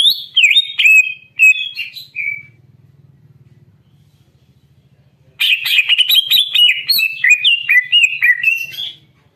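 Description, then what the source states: Greater green leafbird singing a varied, rich warbling phrase of slurred whistles and chirps, a pause with a faint low hum, then another fast tumbling run of notes. Bird in full, vigorous song.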